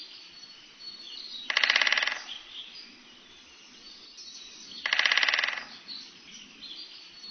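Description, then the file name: Great spotted woodpecker drumming: two quick, rattling rolls about three seconds apart, each lasting under a second, with faint background noise between. "pic Epeiche"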